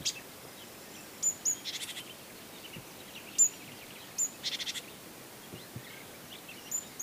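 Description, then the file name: Great tit calling with thin, high piping notes, some in pairs, and short dry churring rattles, repeated several times against a soft background hiss. "Parus major"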